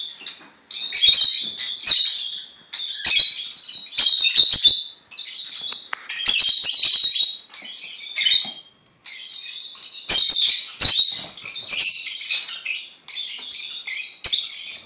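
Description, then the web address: Lovebird chatter of loud, grating high squeals and twitters in repeated bursts with short pauses, steady throughout. "penie popugajchikov nerazluchnikov. parrots agapornis"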